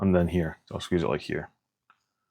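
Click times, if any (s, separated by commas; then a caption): 1.9 s. Someone talks while squeezing a thin metal gear plate with pliers onto the lip of the plastic housing of an RC crawler axle, a clone axle for a TRX-6 LCG conversion, so it sits flat. After the talk stops, a small, faint click at 1.9 s marks the plate popping into place, seated flat on the housing.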